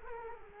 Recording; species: mosquito wingbeat signal from an infrared sensor; Culex quinquefasciatus